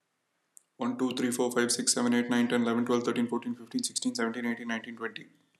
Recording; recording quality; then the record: counting at a fast pace; excellent, no background noise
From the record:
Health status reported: healthy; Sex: male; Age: 22 years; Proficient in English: yes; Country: India